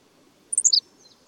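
Bird song: a brief burst of four high, quick chirps stepping downward in pitch, lasting about a third of a second.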